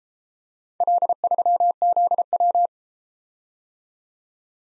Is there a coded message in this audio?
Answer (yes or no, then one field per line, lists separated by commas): yes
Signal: Morse code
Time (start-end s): 0.8-2.7 s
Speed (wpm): 34 wpm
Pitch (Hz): 700 Hz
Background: none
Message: L3ZW